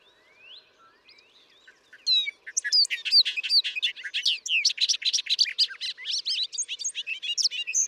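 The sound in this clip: Bobolink song: faint low notes, then from about two seconds a long, rapid bubbling jumble of tinkling, metallic notes that bounce up and down in pitch.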